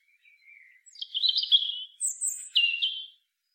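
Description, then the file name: European robin delivering one high, thin phrase: a faint whistled opening, then rapid tinkling trills, a sharp high note and a final trill. "Erithacus rubecula"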